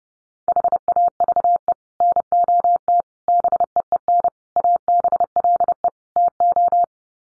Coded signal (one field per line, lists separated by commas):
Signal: Morse code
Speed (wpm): 30 wpm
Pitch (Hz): 700 Hz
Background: none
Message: HAVE NOT BEEN ABLE TO